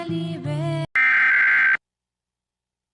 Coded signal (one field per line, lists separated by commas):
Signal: Emergency Alert System (SAME) tones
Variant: header bursts